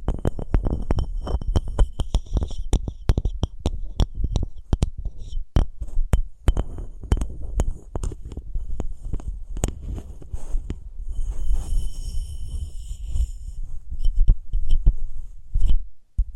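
Objects of wood, cork, sponge, foam, glass and plastic are handled, giving a dense run of sharp taps and knocks at an irregular, often rapid pace. A low rubbing rumble runs underneath, with faint high squeaks in places, before a brief pause near the end.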